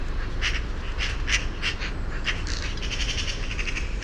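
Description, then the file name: Eurasian magpie giving separate harsh, dry chack notes about every half second, speeding into a quicker chatter toward the end. "Pica pica"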